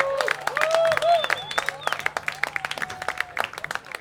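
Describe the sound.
An audience at Circusbende in Erasmuspark applauds the Circus Bende team with dense, rapid clapping that holds steady throughout, mixed with shrill whistles and scattered cheering voices rising over the crowd.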